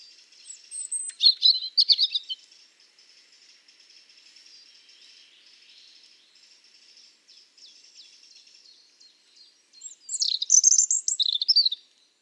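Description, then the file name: European robin song: a high warbled burst, then a long quiet stretch with only faint background sound, then another bright tumbling phrase at the end. "Erithacus rubecula"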